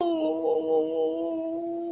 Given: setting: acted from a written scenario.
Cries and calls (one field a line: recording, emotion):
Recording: vocal sound without words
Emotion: sympathy